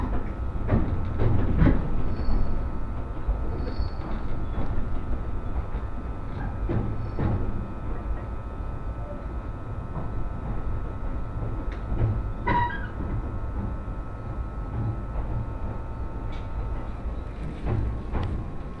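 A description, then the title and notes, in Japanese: A train ride on the Tohoku Main Line, with a steady low rumble of the carriage running throughout. Sharp clicks and knocks from the wheels and car recur irregularly, and a brief high squeal rises around the twelve-second mark. Faint steady tones hum underneath. 鉄道旅 東北本線 黒磯→新白河。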